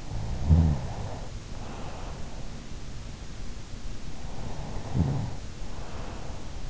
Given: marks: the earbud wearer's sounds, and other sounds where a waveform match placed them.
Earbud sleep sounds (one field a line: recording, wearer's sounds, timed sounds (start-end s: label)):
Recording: sounds in sleep by an in-ear microphone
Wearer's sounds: snoring breath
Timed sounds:
0.02-2.43 s: snoring breath
4.29-6.70 s: snoring breath